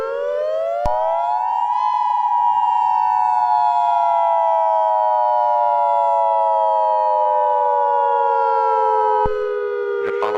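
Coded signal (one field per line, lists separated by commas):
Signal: Emergency Alert System (SAME) tones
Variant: 853 and 960 Hz attention tone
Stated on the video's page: Fictional EAS scenario.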